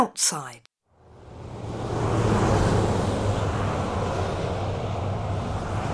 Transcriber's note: fx: busy traffic on road